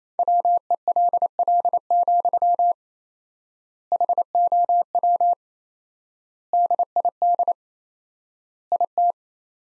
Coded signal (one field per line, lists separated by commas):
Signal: Morse code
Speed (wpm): 27 wpm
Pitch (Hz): 700 Hz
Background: none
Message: WELL, HOW DID IT